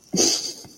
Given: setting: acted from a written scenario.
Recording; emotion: vocal sound without words; amusement